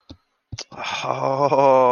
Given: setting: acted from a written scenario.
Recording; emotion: vocal sound without words; distress